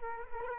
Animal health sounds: mosquito wingbeat signal from an infrared sensor; Culex quinquefasciatus

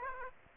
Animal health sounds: mosquito wingbeat signal from an infrared sensor; Aedes aegypti

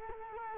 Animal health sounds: mosquito wingbeat signal from an infrared sensor; Culex quinquefasciatus

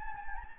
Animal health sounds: mosquito wingbeat signal from an infrared sensor; Anopheles gambiae

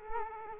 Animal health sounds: mosquito wingbeat signal from an infrared sensor; Culex quinquefasciatus

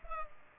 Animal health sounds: mosquito wingbeat signal from an infrared sensor; Culex pipiens

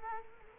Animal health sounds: mosquito wingbeat signal from an infrared sensor; Culex quinquefasciatus

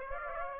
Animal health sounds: mosquito wingbeat signal from an infrared sensor; Aedes aegypti

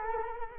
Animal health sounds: mosquito wingbeat signal from an infrared sensor; Culex quinquefasciatus

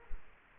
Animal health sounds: mosquito wingbeat signal from an infrared sensor; Culex quinquefasciatus

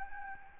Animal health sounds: mosquito wingbeat signal from an infrared sensor; Aedes albopictus

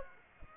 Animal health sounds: mosquito wingbeat signal from an infrared sensor; Aedes aegypti

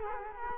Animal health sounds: mosquito wingbeat signal from an infrared sensor; Culex quinquefasciatus

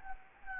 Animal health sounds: mosquito wingbeat signal from an infrared sensor; Anopheles gambiae

